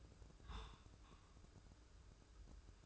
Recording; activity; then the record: daily activity, microphone in the room; take from stove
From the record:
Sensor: 2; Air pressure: 995.3 hPa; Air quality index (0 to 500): 79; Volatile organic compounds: 3 ppm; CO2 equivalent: 1413 ppm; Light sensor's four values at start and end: 22/72/28/26 and 22/72/28/27